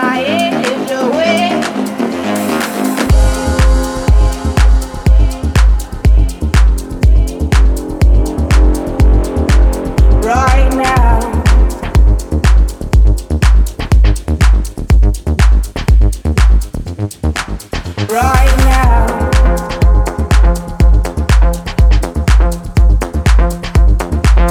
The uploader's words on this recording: Black Rock Desert Deep Recording. Recorded live from an undisclosed private hot springs located just outside Gerlach, Nevada.